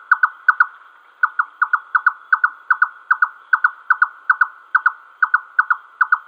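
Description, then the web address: Red-necked nightjar, repetitive song of doubled, wooden notes delivered rhythmically, with a brief gap early on. Male giving display song. "Schulze Peter Red-necked Nightjar male display"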